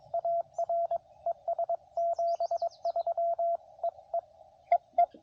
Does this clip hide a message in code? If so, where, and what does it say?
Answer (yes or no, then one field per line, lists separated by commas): yes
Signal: Morse code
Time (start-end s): 0.1-5.1 s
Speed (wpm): 21 wpm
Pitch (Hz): 680 Hz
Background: radio noise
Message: AR ES 73 EE EE